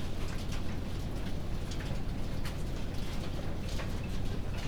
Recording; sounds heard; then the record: poultry house recording; no chicken sound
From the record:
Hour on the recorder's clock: 19